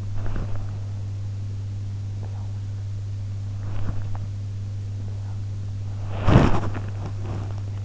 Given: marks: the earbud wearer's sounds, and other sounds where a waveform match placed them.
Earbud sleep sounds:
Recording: sounds in sleep by an in-ear microphone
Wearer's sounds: body movement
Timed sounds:
0.00-0.91 s: body movement
3.54-4.30 s: body movement
6.04-7.26 s: body movement

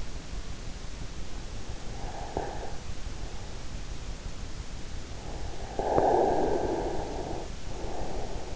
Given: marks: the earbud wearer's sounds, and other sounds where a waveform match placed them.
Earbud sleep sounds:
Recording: sounds in sleep by an in-ear microphone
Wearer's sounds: breath, snoring breath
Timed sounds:
1.91-2.85 s: breath
5.66-8.56 s: snoring breath

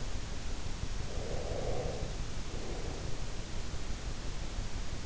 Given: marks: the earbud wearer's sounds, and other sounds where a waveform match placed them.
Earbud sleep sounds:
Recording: sounds in sleep by an in-ear microphone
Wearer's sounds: breath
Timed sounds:
0.98-3.41 s: breath

